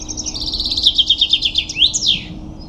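Common chaffinch song: a rapid run of bright repeated notes stepping lower, finished by a sharp downward flourish, over faint steady background hiss.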